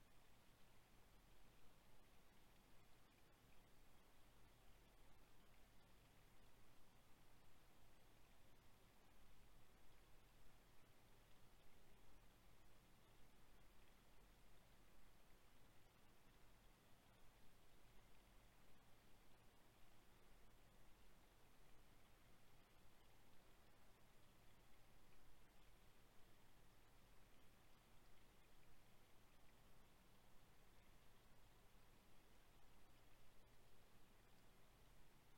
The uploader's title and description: Forest Farm at Night: Creek, Dogs Barking. One hour of the creek running at night, occasional dog barking.